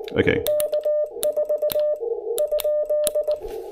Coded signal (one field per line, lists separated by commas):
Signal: Morse code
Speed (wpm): 18 wpm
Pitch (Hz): 600 Hz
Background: speech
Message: K4 ?